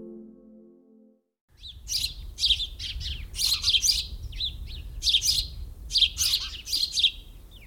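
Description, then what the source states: House sparrow chirping: a run of bright, repeated chirps in quick uneven bursts after a short low hum at the start, with faint background rumble. House sparrows currently carrying grass and lining material to their nests; breeding season under way.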